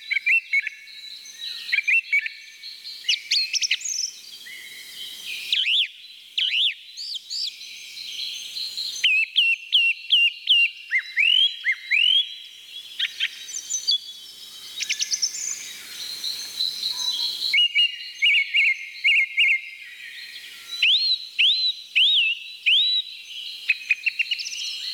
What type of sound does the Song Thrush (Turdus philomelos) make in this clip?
song